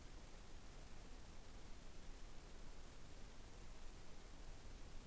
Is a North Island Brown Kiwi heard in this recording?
no